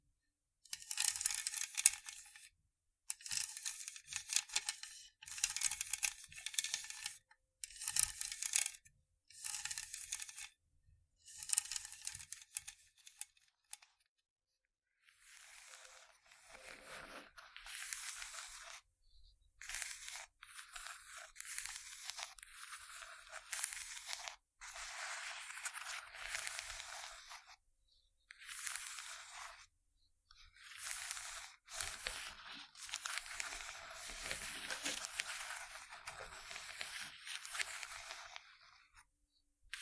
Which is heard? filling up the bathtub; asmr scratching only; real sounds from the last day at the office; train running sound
asmr scratching only